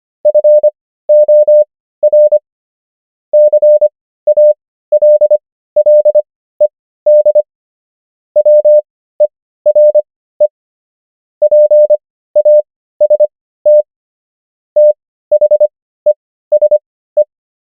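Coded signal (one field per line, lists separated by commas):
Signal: Morse code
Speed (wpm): 25 wpm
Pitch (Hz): 600 Hz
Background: none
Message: FOR CALLED WERE PAST THESE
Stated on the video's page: Morse practice of the 500 most common English words, 25 wpm character speed with 15 wpm Farnsworth word speed.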